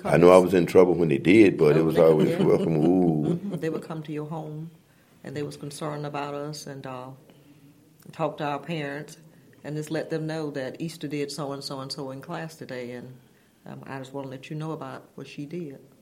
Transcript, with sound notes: I knew I was in trouble when they did, but it was always...
(laughter) They would come to your home, and they was concerned about us and talked to our parents, and just let them know that, ‘Easter did so and so and so in class today, and I just wanna let you know about what she did’.